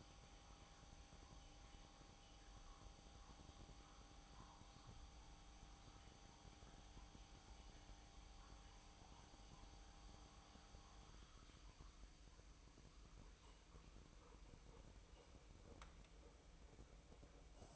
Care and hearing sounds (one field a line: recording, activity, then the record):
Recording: daily activity, microphone in the room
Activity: make coffee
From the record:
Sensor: 1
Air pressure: 1007.4 hPa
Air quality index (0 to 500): 81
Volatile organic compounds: 1 ppm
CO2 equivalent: 703 ppm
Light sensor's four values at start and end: 8/19/8/9 and 7/17/7/7